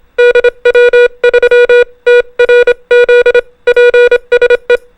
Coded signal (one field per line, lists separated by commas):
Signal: Morse code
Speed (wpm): 25 wpm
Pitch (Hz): 490 Hz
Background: music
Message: DW3TRZ PSE